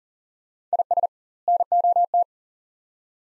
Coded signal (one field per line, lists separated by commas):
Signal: Morse code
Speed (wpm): 40 wpm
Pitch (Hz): 700 Hz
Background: none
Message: IS NOT